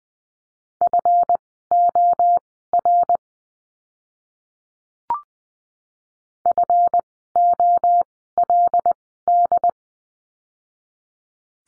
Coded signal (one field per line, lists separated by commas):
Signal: Morse code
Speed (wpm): 20 wpm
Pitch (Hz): 700 Hz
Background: none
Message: FOR FOLD